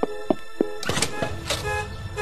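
A car alarm goes off: three short, sharp electronic chirps in quick succession, then a loud, harsh, steady blaring tone that keeps sounding to the end.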